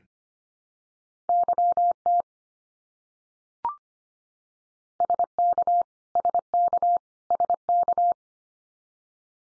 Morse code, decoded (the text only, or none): YT SK SK SK